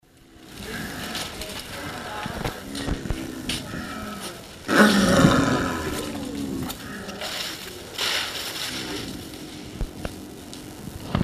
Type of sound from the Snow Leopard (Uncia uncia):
call